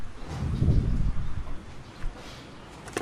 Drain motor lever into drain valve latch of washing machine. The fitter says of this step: หลังจากหมุนไปแล้วนะครับมันก็จะหมุนไปแล้วมันจะจะดังแก๊กนะครับมันจะลงล็อกมันแล้ว